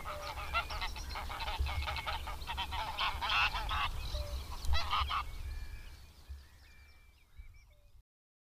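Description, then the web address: Greylag goose honking: a dense burst of rough nasal honks for about five seconds, then a few thinner calls fading away. "Madardalok Cd 3. Nyári lúd"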